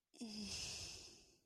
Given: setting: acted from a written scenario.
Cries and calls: vocal sound without words; serenity

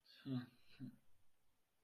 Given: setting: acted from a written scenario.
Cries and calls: vocal sound without words; contempt

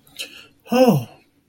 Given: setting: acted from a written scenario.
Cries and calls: vocal sound without words; distress

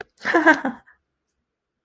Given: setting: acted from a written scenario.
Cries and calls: vocal sound without words; pride

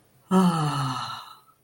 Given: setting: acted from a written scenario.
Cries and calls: vocal sound without words; awe

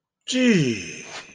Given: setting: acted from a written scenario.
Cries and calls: vocal sound without words; awe

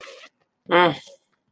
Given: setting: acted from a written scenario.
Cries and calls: vocal sound without words; neutral

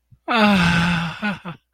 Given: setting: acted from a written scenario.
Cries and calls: vocal sound without words; elation

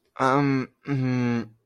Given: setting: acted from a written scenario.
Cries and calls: vocal sound without words; embarrassment

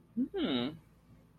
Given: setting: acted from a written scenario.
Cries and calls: vocal sound without words; desire

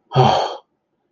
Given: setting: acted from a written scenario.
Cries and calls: vocal sound without words; triumph

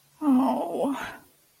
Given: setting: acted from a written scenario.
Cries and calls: vocal sound without words; shame

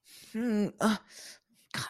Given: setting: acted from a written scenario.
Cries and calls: vocal sound without words; confusion

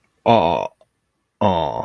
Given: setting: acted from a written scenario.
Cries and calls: vocal sound without words; realization

